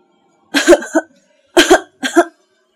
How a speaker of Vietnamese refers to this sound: Cô bị sặc đến tối tăm mặt mày, ho rũ rượi đến chảy nước mắt.